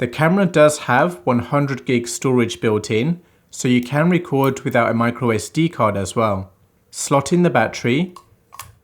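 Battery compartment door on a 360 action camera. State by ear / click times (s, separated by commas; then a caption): not seated / none. Someone talks through most of the clip while a battery is slotted into a DJI Osmo 360 action camera, with a couple of faint, brief ticks near 8.6 s as the talking stops. The plastic battery compartment door has not clicked shut yet, and nothing has seated or clicked by the end.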